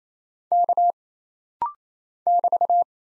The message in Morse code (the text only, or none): K <BT>